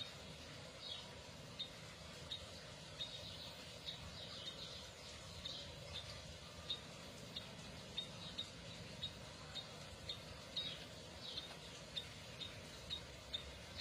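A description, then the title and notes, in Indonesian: A canary gives short, bright chirps roughly once a second over a steady low rumble, never breaking into continuous song. Kenari F1 Ys. KENARI MACET.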